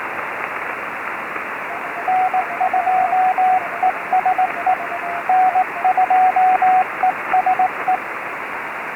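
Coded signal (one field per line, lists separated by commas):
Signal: Morse code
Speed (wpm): 19 wpm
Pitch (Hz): 740 Hz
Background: radio noise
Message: N2ESE N2ESE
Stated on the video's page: Morse from a park activation at Anza-Borrego State Park (K-1126), from a restored recording.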